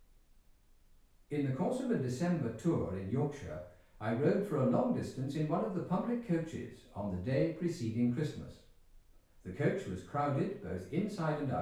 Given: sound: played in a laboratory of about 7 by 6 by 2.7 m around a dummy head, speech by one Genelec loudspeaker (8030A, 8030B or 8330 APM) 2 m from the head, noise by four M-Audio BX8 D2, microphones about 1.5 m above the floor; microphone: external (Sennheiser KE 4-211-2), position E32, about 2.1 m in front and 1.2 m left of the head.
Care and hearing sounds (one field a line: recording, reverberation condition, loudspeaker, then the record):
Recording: male speech in English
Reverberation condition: medium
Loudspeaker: 60 degrees to the right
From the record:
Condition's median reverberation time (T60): about 510 ms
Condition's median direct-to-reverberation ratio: about -0.5 dB